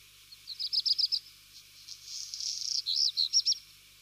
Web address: Black Redstart